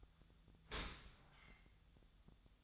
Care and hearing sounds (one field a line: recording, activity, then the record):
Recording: daily activity, microphone in the room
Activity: open dishwasher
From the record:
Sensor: 3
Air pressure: 1004.6 hPa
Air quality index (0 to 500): 109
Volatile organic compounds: 5 ppm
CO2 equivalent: 1714 ppm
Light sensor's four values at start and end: 7/17/7/6 and 7/17/7/6